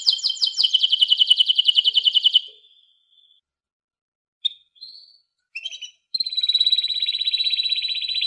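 Canary song with a fast rolling trill, then a silent gap, a few isolated chirps and a long steady buzzing trill to the end.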